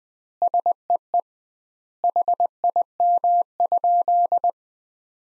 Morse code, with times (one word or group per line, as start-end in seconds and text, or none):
0.4-1.2 SEE
2.0-4.5 HIM?